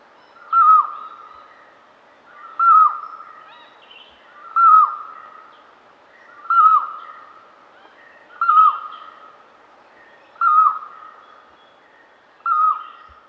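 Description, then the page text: Red-vented barbet calling in duet: a steady series of hooked, mid-pitched notes, each trailing into a hum, repeated about every two seconds. "Red-Vented Barbet Duet. Quick Sounds"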